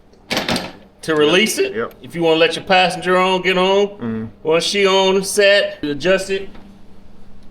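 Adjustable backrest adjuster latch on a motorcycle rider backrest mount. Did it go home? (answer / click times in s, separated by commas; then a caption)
no / none. The adjustable Advanblack rider backrest on a motorcycle backrest mount is handled and released while someone talks. The adjuster latch has not yet locked in place, and nothing has seated or clicked yet.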